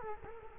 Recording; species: mosquito wingbeat signal from an infrared sensor; Culex quinquefasciatus